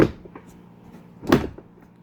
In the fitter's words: bam i heard a click now if you look the right way to do it it's a rectangle back here